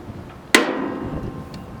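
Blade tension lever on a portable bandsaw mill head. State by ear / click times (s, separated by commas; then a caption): seated / 0.5 s. After a blade change, the metal blade-tensioning lever on the head of a Wood-Mizer LT10 portable bandsaw mill is raised back to the engaged position. It snaps with a sharp, loud click at 0.6 s, followed by a brief ringing tail and a faint tick near 1.5 s. The lever is seated in the engaged, ready-to-cut position.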